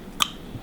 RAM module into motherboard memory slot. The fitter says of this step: There you go. Click. There you It clicked. That's it? It clicked.